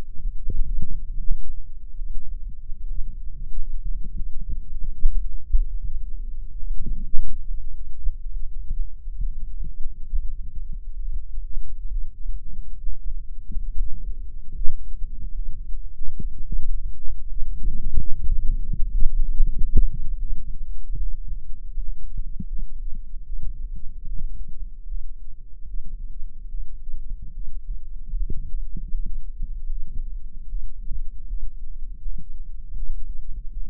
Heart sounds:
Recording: heart sounds by microphone in the right ear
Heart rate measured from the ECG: 72 bpm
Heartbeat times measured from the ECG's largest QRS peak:
0.19 s: heartbeat
1.08 s: heartbeat
1.94 s: heartbeat
2.86 s: heartbeat
3.79 s: heartbeat
4.76 s: heartbeat
5.68 s: heartbeat
6.59 s: heartbeat
7.43 s: heartbeat
8.29 s: heartbeat
9.16 s: heartbeat
10.07 s: heartbeat
10.97 s: heartbeat
11.89 s: heartbeat
12.81 s: heartbeat
13.71 s: heartbeat
14.53 s: heartbeat
15.33 s: heartbeat
16.15 s: heartbeat
16.96 s: heartbeat
17.77 s: heartbeat
18.58 s: heartbeat
19.37 s: heartbeat
20.18 s: heartbeat
20.97 s: heartbeat
21.71 s: heartbeat
22.47 s: heartbeat
23.24 s: heartbeat
24.04 s: heartbeat
24.85 s: heartbeat
25.64 s: heartbeat
26.48 s: heartbeat
27.31 s: heartbeat
28.14 s: heartbeat
28.90 s: heartbeat
29.67 s: heartbeat
30.46 s: heartbeat
31.25 s: heartbeat
31.99 s: heartbeat
32.73 s: heartbeat
33.51 s: heartbeat
From the record:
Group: healthy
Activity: rest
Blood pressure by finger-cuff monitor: 84/58 mmHg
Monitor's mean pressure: 67 mmHg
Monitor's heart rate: 73 bpm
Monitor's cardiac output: 5.3 L/min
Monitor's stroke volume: 73 mL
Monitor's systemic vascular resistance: 900 dyn s/cm5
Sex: female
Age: 22 years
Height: 160 cm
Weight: 45 kg

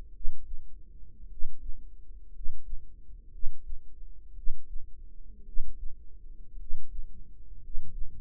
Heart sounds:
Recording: heart sounds by microphone in the right ear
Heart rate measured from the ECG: 56 bpm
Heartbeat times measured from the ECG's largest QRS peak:
0.10 s: heartbeat
1.26 s: heartbeat
2.29 s: heartbeat
3.29 s: heartbeat
4.32 s: heartbeat
5.42 s: heartbeat
6.55 s: heartbeat
7.58 s: heartbeat
From the record:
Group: healthy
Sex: male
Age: 25 years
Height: 170 cm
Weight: 70.4 kg

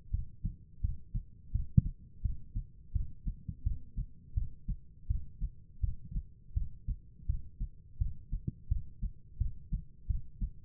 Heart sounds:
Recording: heart sounds by stethoscope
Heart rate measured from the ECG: 84 bpm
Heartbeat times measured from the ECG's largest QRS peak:
0.11 s: heartbeat
0.81 s: heartbeat
1.52 s: heartbeat
2.22 s: heartbeat
2.93 s: heartbeat
3.63 s: heartbeat
4.34 s: heartbeat
5.07 s: heartbeat
5.81 s: heartbeat
6.54 s: heartbeat
7.27 s: heartbeat
7.98 s: heartbeat
8.68 s: heartbeat
9.38 s: heartbeat
10.07 s: heartbeat
From the record:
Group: healthy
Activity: Valsalva maneuver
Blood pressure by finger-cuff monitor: 158/123 mmHg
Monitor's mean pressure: 137 mmHg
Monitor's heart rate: 83 bpm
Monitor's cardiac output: 4.2 L/min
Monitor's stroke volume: 51 mL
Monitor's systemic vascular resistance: 2430 dyn s/cm5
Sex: female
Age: 51 years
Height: 162 cm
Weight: 70.04 kg

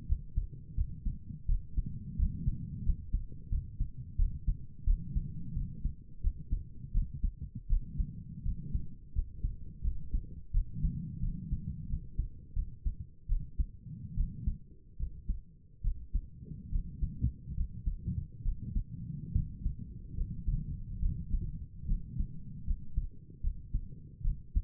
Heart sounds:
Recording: heart sounds by stethoscope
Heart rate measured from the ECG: 79 bpm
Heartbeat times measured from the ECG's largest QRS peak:
0.07 s: heartbeat
0.76 s: heartbeat
1.47 s: heartbeat
2.17 s: heartbeat
2.84 s: heartbeat
3.50 s: heartbeat
4.17 s: heartbeat
4.86 s: heartbeat
5.55 s: heartbeat
6.22 s: heartbeat
6.93 s: heartbeat
7.69 s: heartbeat
8.44 s: heartbeat
9.14 s: heartbeat
9.83 s: heartbeat
10.53 s: heartbeat
11.21 s: heartbeat
11.88 s: heartbeat
12.55 s: heartbeat
13.28 s: heartbeat
14.16 s: heartbeat
14.98 s: heartbeat
15.83 s: heartbeat
16.71 s: heartbeat
17.56 s: heartbeat
18.44 s: heartbeat
19.34 s: heartbeat
20.16 s: heartbeat
21.01 s: heartbeat
21.87 s: heartbeat
22.66 s: heartbeat
23.42 s: heartbeat
24.23 s: heartbeat
From the record:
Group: healthy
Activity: rest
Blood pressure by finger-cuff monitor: 90/63 mmHg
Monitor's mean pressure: 71 mmHg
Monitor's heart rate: 82 bpm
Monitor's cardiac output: 6.1 L/min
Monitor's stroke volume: 74 mL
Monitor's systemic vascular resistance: 830 dyn s/cm5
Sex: female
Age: 22 years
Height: 163 cm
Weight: 67.1 kg

